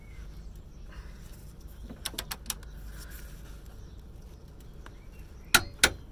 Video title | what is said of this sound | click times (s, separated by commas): Engine Mount Replacement - My Mégane Coupe Update #3. | there we go hear that click | 5.5 s, 5.8 s